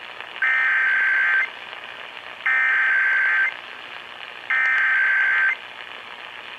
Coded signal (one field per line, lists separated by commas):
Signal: Emergency Alert System (SAME) tones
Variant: header bursts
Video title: Oregon's RMT (EAS #2819-2827)